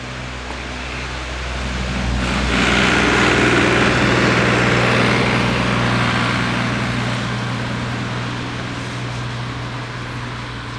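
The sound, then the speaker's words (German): A tractor's diesel engine drones with a steady low rumble as it drives up, swelling louder after a couple of seconds, then easing down as it stops at a bus stop and settles into an idle-like hum. “Also, hier kommt einer mit einem Trecker angefahren. Habt ihr gehört?”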